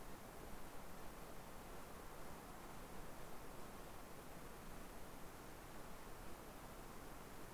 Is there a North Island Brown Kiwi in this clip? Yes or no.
no